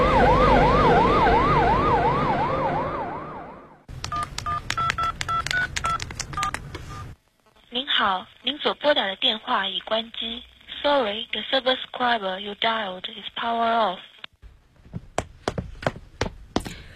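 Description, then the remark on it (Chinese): A wailing siren fades out, then a quick run of short electronic keypad tones as a woman's husband's phone number is dialed, followed by a thin, telephone-filtered recorded message saying the subscriber dialed is powered off. “您丈夫的电话还没打通啊。”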